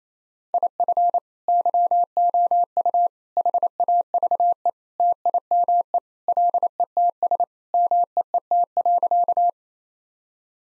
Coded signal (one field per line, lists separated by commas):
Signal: Morse code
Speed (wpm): 28 wpm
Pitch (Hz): 700 Hz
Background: none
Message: IF YOU HAVE TIME LETS MEET.